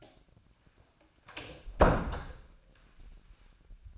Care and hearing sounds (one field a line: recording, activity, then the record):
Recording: daily activity, microphone in the room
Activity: close door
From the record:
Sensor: 2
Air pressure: 1009.1 hPa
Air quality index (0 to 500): 177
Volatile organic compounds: 2 ppm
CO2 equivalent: 1292 ppm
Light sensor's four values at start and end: 34/90/38/41 and 34/89/38/40